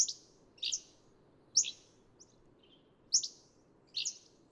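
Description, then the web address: Hammond's flycatcher giving short, high two-part notes, spaced irregularly, over a low steady background hiss. "birdsongforthecurious Hammond's Flycatcher"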